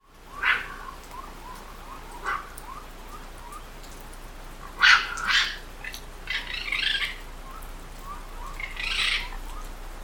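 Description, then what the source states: Raccoon vocalizations, with scattered soft rising chirps between several loud, harsh, scratchy squawks, some doubled, spread across ten seconds. Young raccoons.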